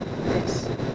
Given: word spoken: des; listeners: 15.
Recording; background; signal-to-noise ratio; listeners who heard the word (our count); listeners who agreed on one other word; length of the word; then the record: one Spanish word in noise, from a listening test; noise modulated by three-talker babble; -6.8 dB; 0 of 15; 6 of 15; 0.55 s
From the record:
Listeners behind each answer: 6, 4, 2, 1, 1, 1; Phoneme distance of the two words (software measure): 7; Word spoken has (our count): 1 syllable, 3 phonemes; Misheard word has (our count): 1 syllable, 2 phonemes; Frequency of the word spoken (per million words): 12.19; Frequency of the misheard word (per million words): 6683.79